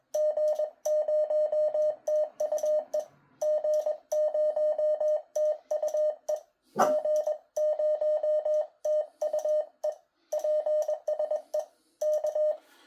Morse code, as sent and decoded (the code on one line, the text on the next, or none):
--. ----- - ..- . / --. ----- - ..- . / --. ----- - ..- . / .--. ... . / -.-
G0TUE G0TUE G0TUE PSE K